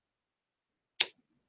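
With the shaft-lock button pushed in and a bit placed in the collet of a Dremel rotary tool used for cutting a gourd, the shaft is turned until the lock catches. A single short, sharp click sounds at 1.0 s, followed by a few faint low rustles. The shaft lock has engaged, holding the collet so it can be tightened on the bit.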